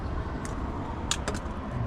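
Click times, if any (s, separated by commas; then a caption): 1.1 s. After a misplaced pin is corrected, the rear speaker of a 2010 VW Jetta 2.5L SEL is pushed into its plastic mount on the rear deck over a steady low rumble. It snaps in with a sharp click at 1.1 s, followed by a smaller tick at about 1.3 s, and the speaker is seated.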